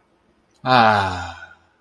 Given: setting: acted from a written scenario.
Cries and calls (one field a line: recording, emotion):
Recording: vocal sound without words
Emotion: serenity